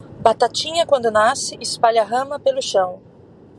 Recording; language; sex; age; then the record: short text; Brazilian Portuguese; female; 40 to 49 years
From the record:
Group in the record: control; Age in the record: 47 years